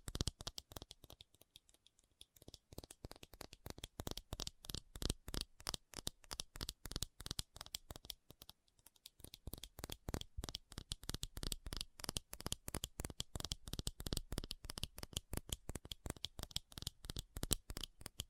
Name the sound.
ASMR Fast Tapping